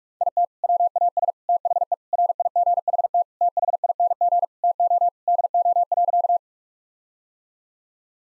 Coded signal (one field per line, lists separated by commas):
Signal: Morse code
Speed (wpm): 46 wpm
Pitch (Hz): 700 Hz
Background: none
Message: IT WAS THE RIGHT THING TO DO.